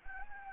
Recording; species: mosquito wingbeat signal from an infrared sensor; Anopheles arabiensis